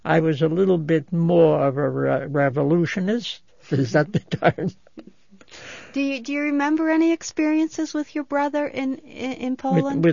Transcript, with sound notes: I was a little bit more of a revolutionist. Is that the term? ( he laughs )
Do you remember any experiences with your brother in Poland?